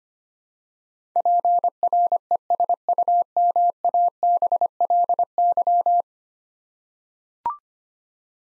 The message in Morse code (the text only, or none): PRESUMABLY